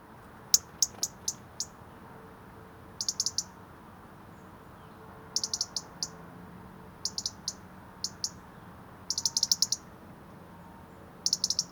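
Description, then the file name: European robin high thin call notes, short sharp ticks in small clusters of two to six, repeated irregularly throughout, with quiet background. "Erithacus rubecula"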